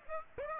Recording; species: mosquito wingbeat signal from an infrared sensor; Aedes aegypti